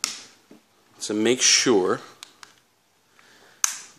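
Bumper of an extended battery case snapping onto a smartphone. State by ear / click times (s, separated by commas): seated / 3.6 s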